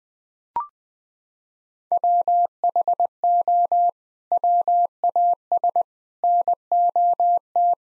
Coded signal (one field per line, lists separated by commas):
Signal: Morse code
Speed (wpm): 20 wpm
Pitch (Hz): 700 Hz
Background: none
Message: WHO WAS NOT